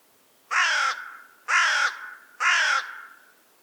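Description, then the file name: Carrion crow giving three harsh, hoarse caws spaced about a second apart, each call flat and grating with a short trailing fade. "Rabenkrähe Ruf"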